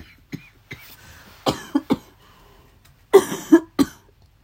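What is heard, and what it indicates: About eight short, dry-sounding cough bursts in irregular clusters from an adult woman with a cold, a runny nose and a cough, whose throat has long been in poor condition and whose voice is hoarse.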